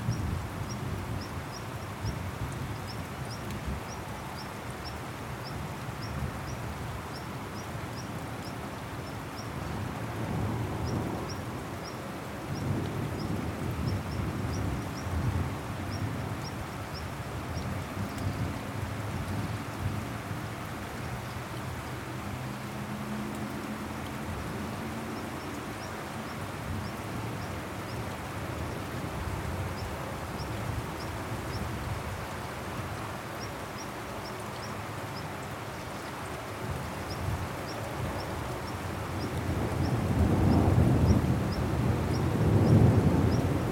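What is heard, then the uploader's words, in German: Heavy rain pours steadily through a thunderstorm, with low rumbling rolls of thunder swelling throughout and a louder surge near the end. Ein Gewitter zieht auf, kräftiger Regen | Thunderstorm, heavy rain.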